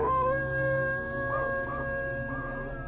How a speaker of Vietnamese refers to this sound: Có tiếng chó nhà hàng xóm, chẳng biết là động cái gì, nó cứ sủa nhấm nha nhấm nhặng, rồi nó chu lên từng đợt nghe đến rợn người.